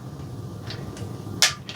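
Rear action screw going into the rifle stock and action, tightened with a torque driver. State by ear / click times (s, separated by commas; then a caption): torque reached / 1.4 s. The rear action screw of a wood-stocked Winchester Model 70 bolt-action rifle is tightened into the stock and action with a torque driver set to 35 inch-pounds and a #4 Allen bit. Faint ticks at 0.7 s and 1.0 s lead to a sharp, bright click at 1.4 s as the driver reaches its setting, followed by a softer tick at 1.7 s.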